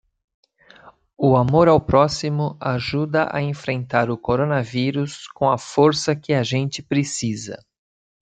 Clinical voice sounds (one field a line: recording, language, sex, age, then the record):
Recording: spoken sentence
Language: Brazilian Portuguese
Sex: male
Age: 50 to 59 years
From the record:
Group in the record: control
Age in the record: 55 years